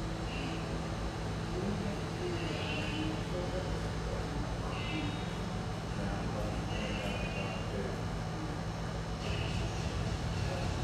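Steady café hum with a constant low drone underneath and overlapping voices murmuring throughout. Brief brighter clinks or squeals recur every couple of seconds, around 0.5, 2.7, 5, 7 and 9.5 seconds, while the overall loudness stays even.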